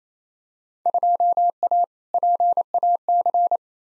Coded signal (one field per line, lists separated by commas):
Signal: Morse code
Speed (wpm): 28 wpm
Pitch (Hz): 700 Hz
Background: none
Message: 2A PAC